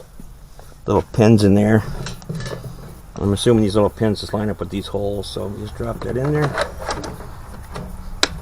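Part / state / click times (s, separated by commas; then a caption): battery pack into cordless chainsaw / seated / 8.2 s. An 80V lithium battery pack is lined up by its pins with the holes and pushed down into the battery bay of a Greenworks 18-inch cordless chainsaw while someone talks. It latches with a sharp click at 8.2 seconds, seating the pack in the saw.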